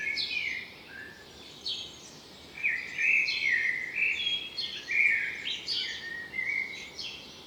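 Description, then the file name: Common blackbird phrases, warbles with squeaky high notes, several in quick succession over constant background hiss. "Turdus merula"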